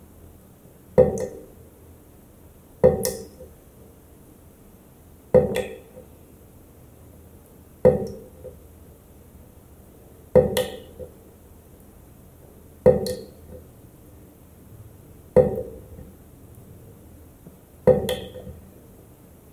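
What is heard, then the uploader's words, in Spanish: Slow water drops fall one at a time at a steady, clock-like pace, about every two and a half seconds. Each drop is a crisp, bright plink with a short ringing tail, with a faint low hum underneath. Sonidos de Gotas de Agua para Dormir. Tomamos los sonidos de la lluvia y los convertimos en gotas de agua lentas y concentradas, similares al sonido de un reloj. Muy parecido a los sonidos de la lluvia, pero más lento y más similar al sonido de un latido del corazón.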